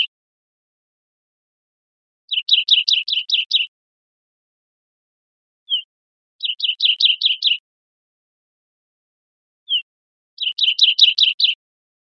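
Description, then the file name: Olive warbler giving three bursts of rapid, evenly spaced high chips, the last two each led by a lone soft note, in otherwise quiet surroundings. Costa Rica, 3 December 2004. "CR OLWA 041203"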